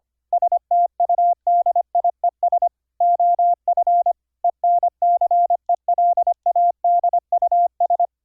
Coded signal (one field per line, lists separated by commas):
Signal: Morse code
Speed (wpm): 25 wpm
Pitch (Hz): 700 Hz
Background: none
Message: STUDIES OF ENCELADUS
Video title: Morse Code QSO over the internet - software setup - config 22 - KXstudio(pt 2)